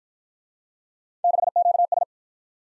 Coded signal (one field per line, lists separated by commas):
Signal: Morse code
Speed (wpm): 52 wpm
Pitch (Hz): 700 Hz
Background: none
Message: 6QS